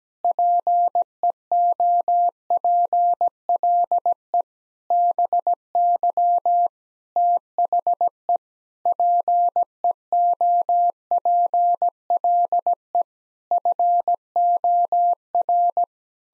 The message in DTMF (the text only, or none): none